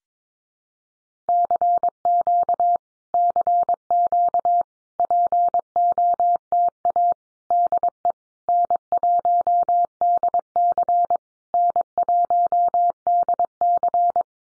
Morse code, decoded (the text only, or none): CQ CQ POTA DE N1DC N1DC